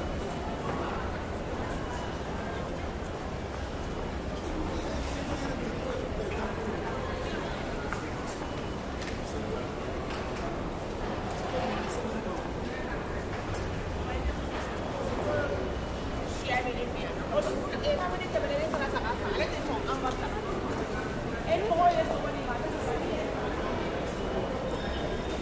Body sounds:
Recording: background sound without coughing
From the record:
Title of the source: Train Station Sounds Paris

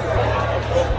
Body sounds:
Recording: background sound without coughing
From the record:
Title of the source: CITY SOUNDS Busy Bar in the Evening Night - 2 HOURS of Ambiance for Relaxation

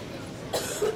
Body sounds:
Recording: coughing mixed with background sound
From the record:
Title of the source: 30 Chesty and wet cough

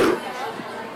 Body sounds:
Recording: coughing mixed with background sound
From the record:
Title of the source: Coughing 77

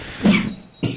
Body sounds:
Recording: coughing mixed with background sound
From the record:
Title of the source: Spring Cold Coughing.

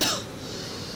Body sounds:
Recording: coughing mixed with background sound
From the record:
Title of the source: November cold (wet coughing)

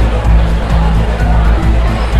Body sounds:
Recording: background sound without coughing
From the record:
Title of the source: Party Noise 1 Hour Party Ambience

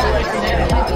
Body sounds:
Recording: background sound without coughing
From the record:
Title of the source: Nightlife Party Simulating Party Club Noise 1 Hour

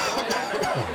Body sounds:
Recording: coughing mixed with background sound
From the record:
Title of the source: Dry Coughing Fit in the Afternoon.

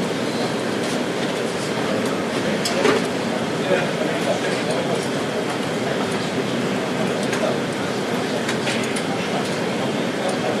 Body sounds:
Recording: background sound without coughing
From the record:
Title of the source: Office Sounds Ambience - Background Noise for Study and Work

